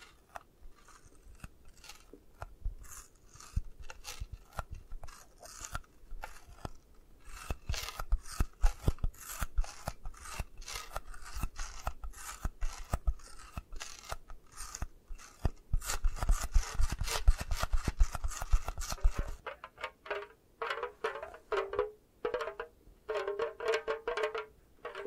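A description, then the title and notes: Scratching made of short, dry rasping strokes in irregular bursts, some quick and clustered, others spaced apart. The strokes grow louder and denser toward the middle, with a heavy low rumble in places, then turn into choppier, squeakier scrapes over the last few seconds. Scratching.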